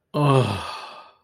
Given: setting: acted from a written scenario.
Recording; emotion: vocal sound without words; ecstasy